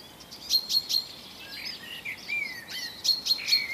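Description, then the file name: Common chaffinch giving bursts of short, metallic notes, with softer, sliding whistled phrases in the middle. "Fringilla coelebs"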